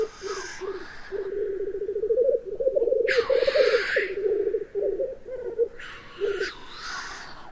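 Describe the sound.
Black grouse, a low continuous bubbling coo that rolls on for seconds, broken by loud hissing sneezes.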